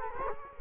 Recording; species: mosquito wingbeat signal from an infrared sensor; Culex quinquefasciatus